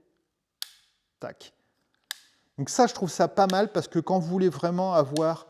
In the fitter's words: Donc quand je descends, vous entendez? Tac.